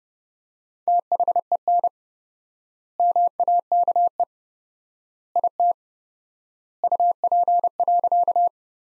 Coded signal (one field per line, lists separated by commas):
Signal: Morse code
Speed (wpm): 30 wpm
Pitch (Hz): 700 Hz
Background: none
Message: THEN MAKE IT UP.